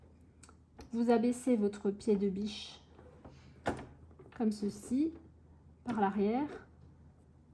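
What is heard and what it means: A presser foot is being lowered from the back onto the foot holder of a Brother Innovis F410 sewing machine. Someone talks while a few faint knocks sound, with a sharper tap near 3.7 s. Nothing has seated or clicked yet.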